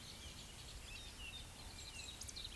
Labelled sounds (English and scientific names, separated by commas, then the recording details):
Eurasian Woodcock (Scolopax rusticola) whistle, Eurasian Woodcock (Scolopax rusticola) croak
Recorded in Baden-Württemberg, Germany, on 10 May 2021 at 19:18 UTC
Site 24606, 635 m above sea level